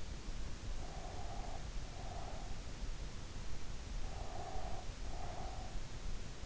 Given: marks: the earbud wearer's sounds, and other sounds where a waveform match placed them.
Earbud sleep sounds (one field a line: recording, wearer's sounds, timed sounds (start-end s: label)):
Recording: sounds in sleep by an in-ear microphone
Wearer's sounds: breath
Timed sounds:
0.72-2.67 s: breath
4.02-5.92 s: breath